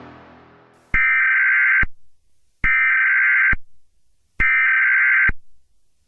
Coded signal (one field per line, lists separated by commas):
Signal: Emergency Alert System (SAME) tones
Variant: header bursts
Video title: EAS Scenario: The Bite of 93’!